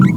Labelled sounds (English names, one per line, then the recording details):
Green-rumped Parrotlet babbling
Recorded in a nest box in Venezuela
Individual 18B25A3